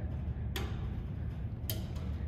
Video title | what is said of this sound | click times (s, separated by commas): How to Reset RMT Plate Roll Parameter Safety Cable - Pezo Safety Switch | you see i don't know if you can hear that click but i'm pulling up i'm resetting it | 0.6 s, 1.7 s